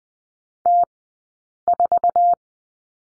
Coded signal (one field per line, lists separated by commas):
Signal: Morse code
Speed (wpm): 20 wpm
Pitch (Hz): 700 Hz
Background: none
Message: T 4